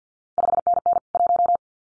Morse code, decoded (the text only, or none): 5NN 1